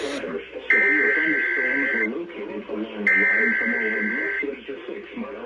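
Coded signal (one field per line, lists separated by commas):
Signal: Emergency Alert System (SAME) tones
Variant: header bursts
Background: speech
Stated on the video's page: EAS alerts for severe thunderstorms.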